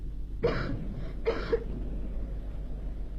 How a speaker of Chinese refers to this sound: 海伦的咳嗽声声都震动着我那颤抖的心，这咳嗽声比雷声还要响。